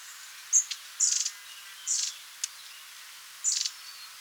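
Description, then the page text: Long-tailed tit calling: a sharp high note, then three buzzy, rolling trilled bursts one to one and a half seconds apart, with brief thin clicks between. "Long-Tailed Tit Calls. Quick Sounds"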